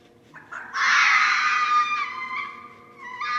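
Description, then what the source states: Red fox scream, a harsh, drawn-out harmonic cry holding steady for about two seconds, fading, then a second rising cry starting at the end. Recorded on 17 December 2011.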